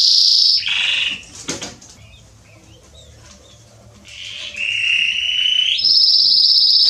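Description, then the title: Belgian canary giving a bright trill and lower buzzy phrase, then near silence for a few seconds before more rolling trills resume. Male Belgian canary singing a lot, meant to warm up and train young canaries. "Canary Training Esquente Seu Filhote E Canario Belga Em 30 Minutos Macho Cantando Muito. CANTO DO CANRIO"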